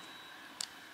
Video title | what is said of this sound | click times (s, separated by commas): NEW PEN DAY: Sailor 1911S Shikiori 5th Anniversary Fountain Pen Set - Minori - Charmaine Dulak | into the pen here it just really just snaps right in there | 0.6 s